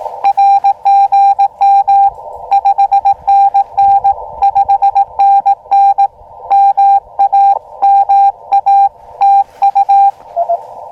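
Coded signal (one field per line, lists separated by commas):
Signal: Morse code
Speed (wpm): 18 wpm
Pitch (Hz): 800 Hz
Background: radio noise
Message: RGM 5NN 5NN MA MA TU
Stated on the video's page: First Summits on the Air CW activation, also a park, in cold weather, using an Elecraft KX2 and an end-fed trail-friendly antenna.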